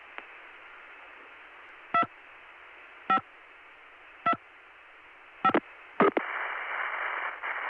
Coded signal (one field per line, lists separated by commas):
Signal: DTMF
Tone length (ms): 80 ms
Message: 2 5 2 5